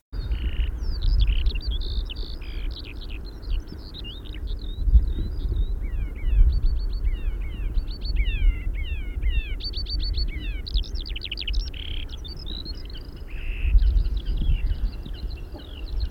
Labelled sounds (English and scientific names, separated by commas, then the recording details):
Eurasian Skylark (Alauda arvensis) song
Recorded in the wild
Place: Bergen, Insel Rügen, Mecklenburg-Vorpommern, DE
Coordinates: 54.44, 13.46
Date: 1970-05-02
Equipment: Nagra III BH, Sennheiser MD 21, parabola
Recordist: Schubert, Michael